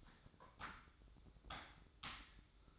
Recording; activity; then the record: daily activity, microphone in the room; typing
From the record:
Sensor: 3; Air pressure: 1007.6 hPa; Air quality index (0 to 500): 60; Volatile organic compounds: 1 ppm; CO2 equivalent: 611 ppm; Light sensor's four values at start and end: 12/27/11/12 and 12/27/11/12